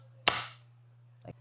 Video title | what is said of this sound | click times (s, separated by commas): first time installing a steering wheel in my car - worksbell hub, wiring, momo + unboxing | and click back into place. Like | 0.3 s